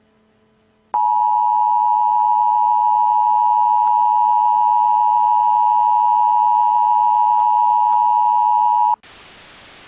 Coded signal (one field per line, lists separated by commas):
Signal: Emergency Alert System (SAME) tones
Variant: 853 and 960 Hz attention tone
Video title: What if the American and Japanese Alert Systems Were Reversed?